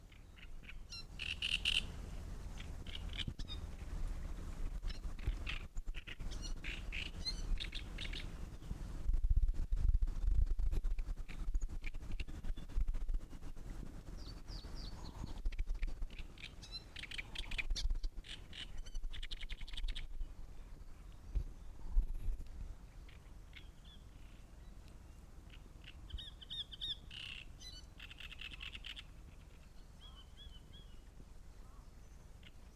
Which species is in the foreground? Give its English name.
Great Reed Warbler